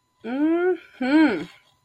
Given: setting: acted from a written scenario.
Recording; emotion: vocal sound without words; triumph